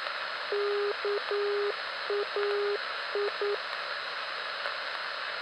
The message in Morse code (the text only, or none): KAI